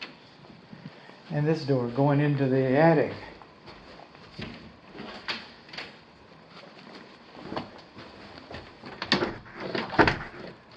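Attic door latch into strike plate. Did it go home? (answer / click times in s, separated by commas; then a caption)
no / none. Someone talks briefly, then an attic access door is pushed closed several times, giving sharp knocks and thuds around 4.4, 7.6, 9.0, 9.1 and 10.1 seconds. The latch never catches in its strike plate, so the door has not latched.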